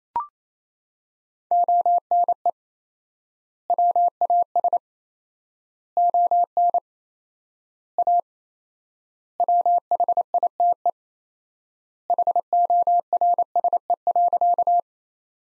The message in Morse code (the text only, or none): ONE WAS ON A WHITE HORSE.